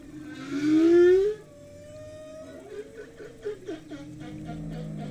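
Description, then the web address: Humpback whale song opening with a loud rising moan, followed by softer wavering tones and faint pulsed sounds. Binaural, in the ocean; heard first above the water and then below it. "3 D-Binaural Audio - the future of audio Ocean - Humpback whale"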